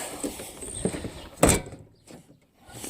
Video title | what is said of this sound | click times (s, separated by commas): Won't Open!!! ...Trailblazer Back Bottom Door Hatch Fix~~Free!!~~I like Free!!! | you hear it lock oh yes | 1.4 s